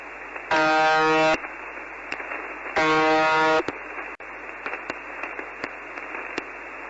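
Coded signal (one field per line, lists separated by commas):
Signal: channel marker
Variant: UVB-76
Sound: two harsh rasping buzzes about a second long, separated by radio static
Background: radio static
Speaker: it begins with a buzz a cold mechanical hum droning through the airwaves repeating endlessly on 4625 khz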